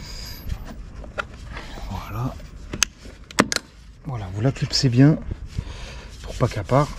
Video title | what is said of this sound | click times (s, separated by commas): Installer Clignotant dynamique RENAULT CLIO 4 | πρέπει να βάλεις το παλιό πίσω, βάλε το κέλυφος εκεί και πάς, το κουμπώνεις καλά | 2.8 s, 3.4 s